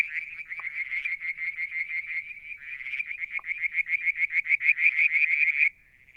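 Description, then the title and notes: Frogs: a long series of rapid high pulsed notes, growing louder, then stopping abruptly with a faint trill after. Striped marsh frog, Verreaux's tree frog and an unidentified frog calling one evening near a water tank at Mount Wilson, New South Wales, Australia, July 2022. "Frog song, Mount Wilson, New South Wales, Australia in July 2022 – by Alexander Moffatt. Limnodynastes Peronii, Litoria Verreauxii and a mystery frog one evening near the water tank"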